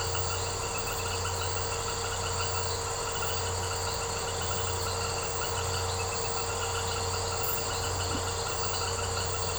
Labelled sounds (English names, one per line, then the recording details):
none
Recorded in secondary vegetation near Puerto Asís, Putumayo, Colombia, on 13 March 2025 at 21:30
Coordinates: 0.468, -76.324
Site G059